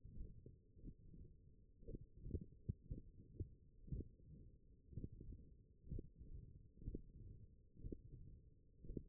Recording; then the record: forearm muscle sounds (acoustic myography)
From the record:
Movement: hook grip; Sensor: system 1, eight BSWA MPA416 microphones around the upper forearm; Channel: 7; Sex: male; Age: 42 years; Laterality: right